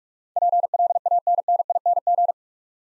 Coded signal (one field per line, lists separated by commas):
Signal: Morse code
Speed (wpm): 46 wpm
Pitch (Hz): 700 Hz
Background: none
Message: PLANNING